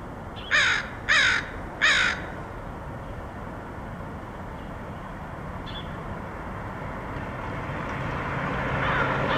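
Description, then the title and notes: Crow caws, three harsh caws at the start, then mostly background rumble with a brief faint call and rising noise toward the end. Crows recorded in Portland, Oregon, USA, in August 2003. "Crows of Portland. Crows recorded by Dan Bodah in Portland, OR, August 2003"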